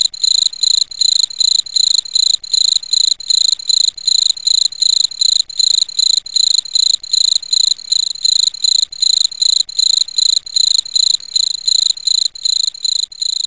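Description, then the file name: Cricket giving a long series of sharp, ringing chirps, each a quick pulsed burst, repeated fast and without letup. Cricket fight (tarung jangkrik) sounds on a masteran bird-training recording. "masteran cendet lovebird gereja tarung jangkrik omkicau"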